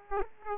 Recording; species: mosquito wingbeat signal from an infrared sensor; Aedes aegypti